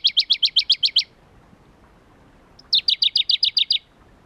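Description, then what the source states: Shrub frog giving two rapid strings of about eight sharp, high clicking notes each, divided by a short silent gap. Philautus fuscatus at Kuda, 28 June 2012.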